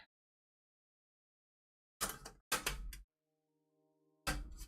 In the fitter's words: get those satisfying clicks on each of the corners of the i o shield